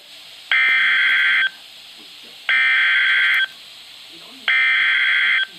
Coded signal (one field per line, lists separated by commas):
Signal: Emergency Alert System (SAME) tones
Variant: header bursts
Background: speech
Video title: Severe Thunderstorm Warning (EAS #119)